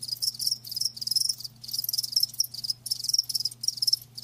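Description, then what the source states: Crickets trilling in loud, high pulsed bursts separated by brief gaps, a rhythmic chorus over a faint steady low hum. Live crickets chirping, a lulling song.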